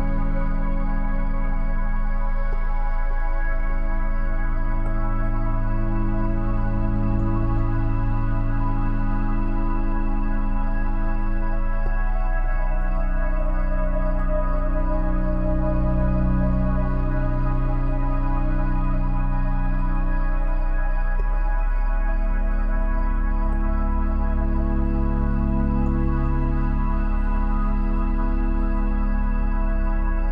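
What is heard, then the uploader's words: Soft, sustained melodies hold long, layered tones over a deep, steady low hum, shifting to new chords around twelve and twenty-one seconds. A faint, high, even chirring of crickets runs quietly across the top throughout, at a constant level. Soft Crickets and Soothing Melodies.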